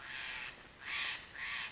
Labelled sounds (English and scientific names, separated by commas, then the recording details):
Steller's Jay (Cyanocitta stelleri)
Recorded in Sonoma County, California